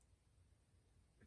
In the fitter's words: It's not all the way in.